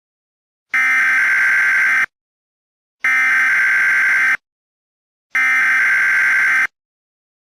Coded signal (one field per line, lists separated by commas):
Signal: Emergency Alert System (SAME) tones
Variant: header bursts